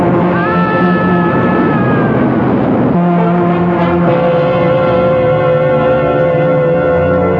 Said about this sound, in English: Look out. The train.